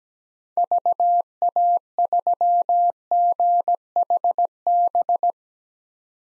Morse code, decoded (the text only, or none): VA3GHB